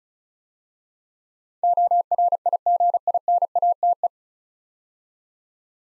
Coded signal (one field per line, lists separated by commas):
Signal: Morse code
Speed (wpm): 36 wpm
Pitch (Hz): 700 Hz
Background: none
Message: ORIGINATE